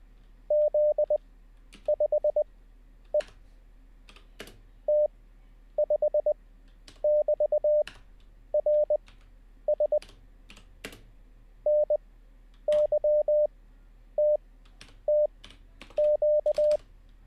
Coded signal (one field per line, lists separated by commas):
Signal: Morse code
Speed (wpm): 20 wpm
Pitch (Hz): 600 Hz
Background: radio noise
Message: Z5E T5<BT>RS NYTTQ